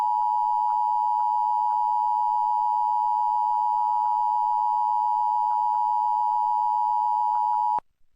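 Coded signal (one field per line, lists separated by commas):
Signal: Emergency Alert System (SAME) tones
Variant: 853 and 960 Hz attention tone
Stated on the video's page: Monthly EAS tests relayed in Kern and Los Angeles areas.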